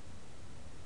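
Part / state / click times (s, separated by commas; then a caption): plastic snap-fit part into its mating housing / not seated / none. A plastic part with a snap-fit feature is handled as it is pushed toward its mating housing. Only steady, even broadband noise is heard for under a second, with no distinct clicks. Nothing has seated or snapped into place yet.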